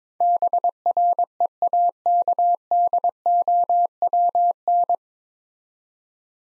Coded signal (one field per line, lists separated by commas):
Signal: Morse code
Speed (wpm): 22 wpm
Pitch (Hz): 700 Hz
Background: none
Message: BREAKDOWN